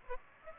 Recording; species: mosquito wingbeat signal from an infrared sensor; Aedes aegypti